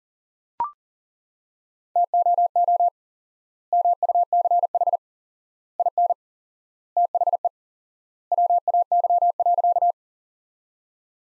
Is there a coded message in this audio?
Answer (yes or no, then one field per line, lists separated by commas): yes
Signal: Morse code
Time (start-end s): 2.0-9.9 s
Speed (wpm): 40 wpm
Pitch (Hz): 700 Hz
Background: none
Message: TOO MUCH IN THE WAY.